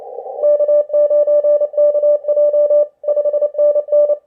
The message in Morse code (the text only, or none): K9KJ 5NN